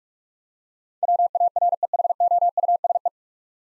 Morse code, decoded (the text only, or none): WAREHOUSE